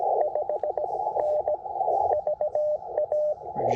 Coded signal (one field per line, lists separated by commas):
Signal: Morse code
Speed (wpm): 20 wpm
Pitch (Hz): 590 Hz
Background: radio noise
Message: 5N VA